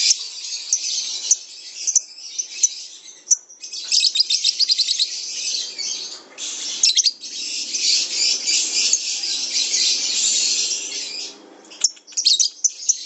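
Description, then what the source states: Lovebird song, a dense high scratchy chatter running almost unbroken, with short gaps and a few brief sharp notes near the end. Kept lovebird used as a master singer for other birds; long ngekek-style trill used as a lure call (kicau pancingan).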